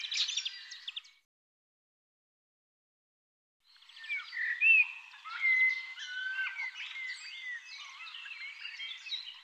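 Bird song: a short trilled burst, then a long rambling warble of sliding whistles and chattering notes.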